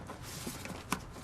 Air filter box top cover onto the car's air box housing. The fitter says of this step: it's not going to go anywhere because it's in those grooves so i just heard that click so